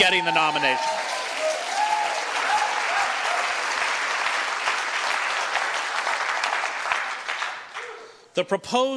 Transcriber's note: lots of applause